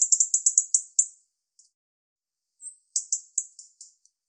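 European robin song: a fast burst of high, tinkling repeated notes, a pause, then another short twittering run.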